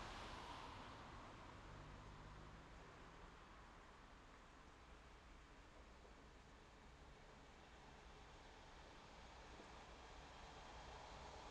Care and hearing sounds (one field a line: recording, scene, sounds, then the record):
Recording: everyday scene through a hearing-aid microphone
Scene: in traffic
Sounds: traffic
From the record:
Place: main road on the outskirts, rush hour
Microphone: in the ear canal, left